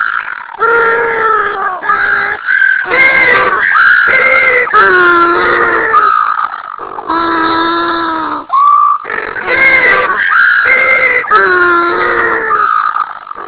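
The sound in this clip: Penguin braying calls, loud harmonic honks in long runs with short gaps, repeated throughout.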